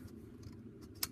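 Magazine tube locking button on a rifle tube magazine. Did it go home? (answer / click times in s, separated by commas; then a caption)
yes / 1.0 s. The outer magazine tube of a Marlin Model 37 .22 rifle slides back down until the small locking button at the top clicks into place and holds it. A faint tick comes at 0.4 s, then a sharp, bright click at 1.0 s as the button seats.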